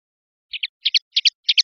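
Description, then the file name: European goldfinch calling: bright paired chirps repeated about three times a second against silence. "suara burung chardonneret atau goldfinch eropa om kicau"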